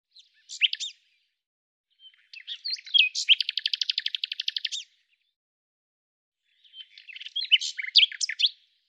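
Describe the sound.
Bird song in three phrases: a short twittering burst, a longer phrase ending in a rapid trill of repeated notes, then another varied twittering phrase after a pause.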